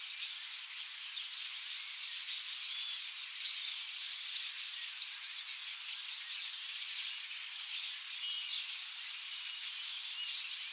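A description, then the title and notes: A large flock of starlings chatters and squeals nonstop, a dense, bright, high-pitched tangle of overlapping calls holding steady throughout with nothing low underneath. A Large Flock of Starlings.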